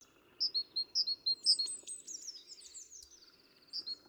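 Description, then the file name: Great tit song: a few phrases of a high note followed by lower notes, then softer high chatter before the phrases return. "Parus major"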